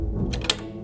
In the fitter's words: You'll push down on that plastic until you hear it click.